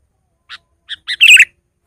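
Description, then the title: Sooty-headed bulbul giving a few soft spaced notes that lead into one loud, rich, bubbling phrase, then silence. "kutilang"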